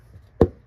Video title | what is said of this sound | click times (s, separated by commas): Replacing the Spark Plugs on our 2016 Kia Soul SX! | Make sure you line up those things here till you hear a click, | 0.4 s